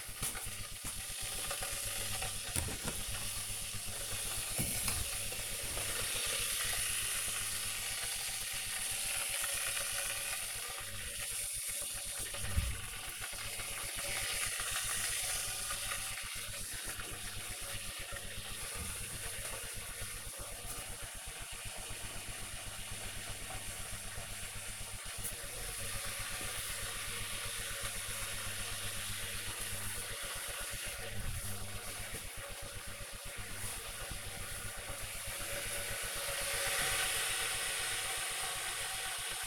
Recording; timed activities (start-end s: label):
household activities, microphone on the right wrist
0.00-39.47 s: making tea